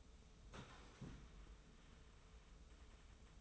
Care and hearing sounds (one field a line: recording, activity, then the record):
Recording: daily activity, microphone in the room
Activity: sit down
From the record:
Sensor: 1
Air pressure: 994.4 hPa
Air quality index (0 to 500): 220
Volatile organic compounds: 1000 ppm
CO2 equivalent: 7880 ppm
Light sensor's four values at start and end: 126/286/128/140 and 95/210/94/98